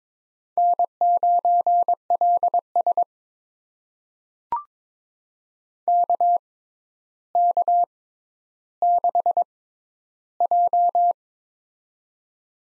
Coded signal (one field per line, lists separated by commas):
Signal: Morse code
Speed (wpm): 22 wpm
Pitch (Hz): 700 Hz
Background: none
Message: N9LS KK6J